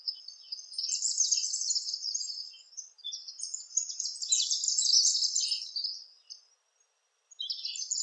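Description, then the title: Palm tanager giving high, squeaky chattering calls in long, dense bursts with a short pause near the end. "Sanhaçu-do-coqueiro (Tangara palmarum)"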